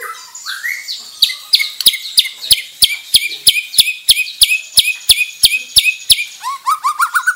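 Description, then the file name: White-rumped shama uttering a steady series of sharp, clicking harsh notes about three per second, ending with short rising chirps. Bornean white-rumped shama of the crowned (mahkota) variety, harsh call. "Suara kasar burung murai batu borneo mahkota"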